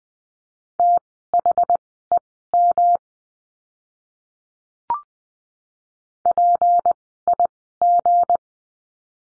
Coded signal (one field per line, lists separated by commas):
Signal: Morse code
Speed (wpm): 20 wpm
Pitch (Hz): 700 Hz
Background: none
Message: THEM PIG